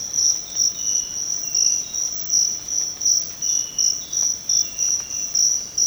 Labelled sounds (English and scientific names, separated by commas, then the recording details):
none
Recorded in secondary vegetation near Puerto Asís, Putumayo, Colombia, on 19 March 2025 at 06:00
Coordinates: 0.484, -76.319
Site G010